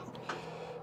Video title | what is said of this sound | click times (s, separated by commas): etrailer - B&W Gooseneck Hitch Manufacturer Breakdown | give it a little kick towards the cab it locks in place that allows you to take the ball out turn it upside down | 0.3 s